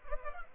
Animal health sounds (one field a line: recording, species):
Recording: mosquito wingbeat signal from an infrared sensor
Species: Culex pipiens